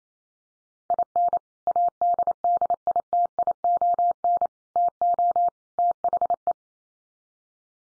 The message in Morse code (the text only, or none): IN ADDITION TO THE